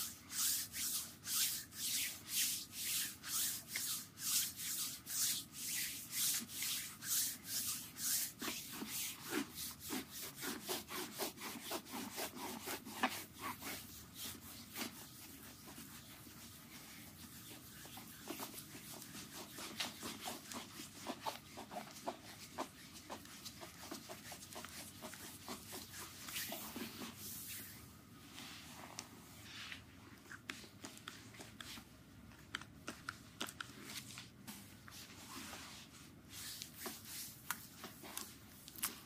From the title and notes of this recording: ASMR Tingle Foot Massage with lotion.